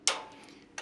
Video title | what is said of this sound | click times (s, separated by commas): 010 Preparing to Sew: Thread Check | and press until you feel it lock and hear it lock | 0.1 s